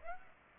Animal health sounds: mosquito wingbeat signal from an infrared sensor; Aedes aegypti

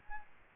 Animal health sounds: mosquito wingbeat signal from an infrared sensor; Aedes albopictus

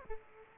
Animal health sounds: mosquito wingbeat signal from an infrared sensor; Aedes aegypti

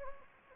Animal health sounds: mosquito wingbeat signal from an infrared sensor; Anopheles gambiae

